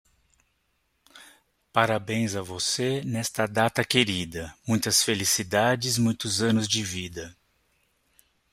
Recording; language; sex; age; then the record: short text; Brazilian Portuguese; male; 40 to 49 years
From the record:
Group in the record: control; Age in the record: 47 years